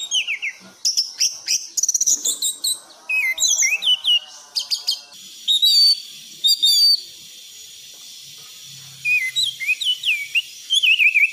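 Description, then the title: Thrush pouring out fast, varied chips and looping whistles for several seconds, pausing, then returning with thin rising and falling whistles. Masteran song for tutoring cage birds; song style called gacor teler. "anis gacor teler"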